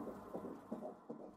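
Fetal heartbeat of a baby boy, heard by ultrasound Doppler as rhythmic whooshing beats.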